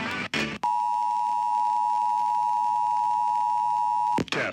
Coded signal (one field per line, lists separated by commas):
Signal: Emergency Alert System (SAME) tones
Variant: 853 and 960 Hz attention tone